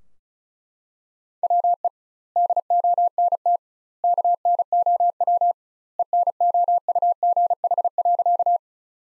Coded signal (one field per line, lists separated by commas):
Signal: Morse code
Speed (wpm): 34 wpm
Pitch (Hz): 700 Hz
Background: none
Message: WE DONT KNOW ENOUGH.